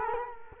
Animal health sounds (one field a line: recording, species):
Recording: mosquito wingbeat signal from an infrared sensor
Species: Culex quinquefasciatus